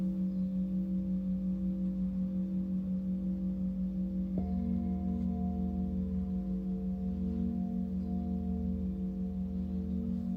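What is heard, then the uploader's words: A Tibetan singing bowl rings with a steady, sustained hum and clear overtones that pulse with a slow, regular waver. Just before the halfway point a second strike or tone joins in, adding a deeper layer beneath the ringing, which continues evenly to the end. 真夜中のTibetan Singing Bowl のサウンドヒーリング.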